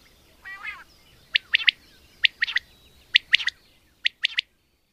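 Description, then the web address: Common quail song: one low nasal note, then four crisp three-note phrases, 'whit, whit-whit', repeated roughly every second. "agykontroll Madardalok Cd 2. Fürj"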